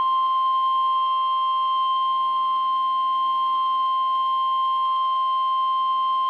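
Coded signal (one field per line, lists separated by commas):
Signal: Emergency Alert System (SAME) tones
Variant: 1050 Hz attention tone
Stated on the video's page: Severe weather alerts received through an online weather radio stream, which skipped on one alert.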